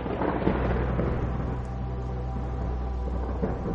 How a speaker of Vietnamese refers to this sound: Ở bên ngoài trời bắt đầu có sấm chớp, kèm theo những hạt mưa bắt đầu rơi xuống bắn tung tóe lên cửa sổ.